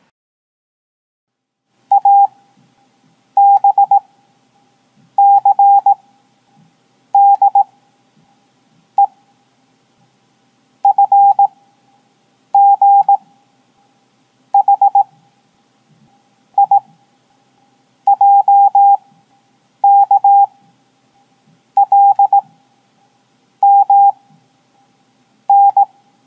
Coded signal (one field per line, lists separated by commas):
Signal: Morse code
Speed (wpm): 18 wpm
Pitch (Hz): 800 Hz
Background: none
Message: A B C D E F G H I J K L M N